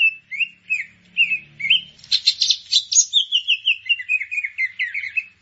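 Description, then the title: Grey-cheeked bulbul singing: short warbled phrases, a loud buzzy rattle around two seconds, then a long run of quick, bubbling, slightly descending notes. "Kicau Burung Cucak Jenggot"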